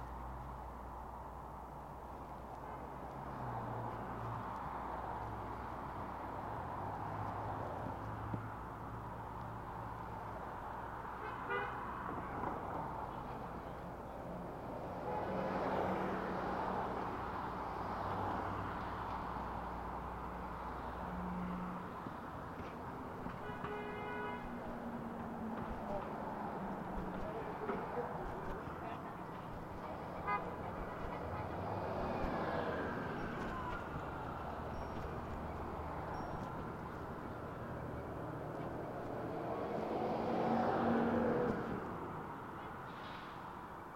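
A bike ride from Harlem to the Bronx, set against a steady wash of traffic noise. A low engine rumble holds for the first twenty seconds. Passing vehicles swell around 15, 31 and 41 seconds, with a short toot near the end.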